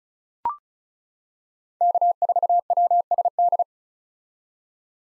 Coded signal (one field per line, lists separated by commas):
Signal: Morse code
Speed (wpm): 36 wpm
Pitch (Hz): 700 Hz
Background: none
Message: K4WSD